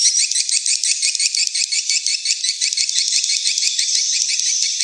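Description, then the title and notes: Swiftlets giving rapid, sharp high chirps in quick rhythmic runs, many notes per second over a continuous chattering background. Swiftlet house lure sound of the AKAU brand, Tien Giang, Vietnam. "Am thanh nha yen Akau Vietnam - Tien giang. Những âm thanh chim yến thuộc thương hiệu AKAU"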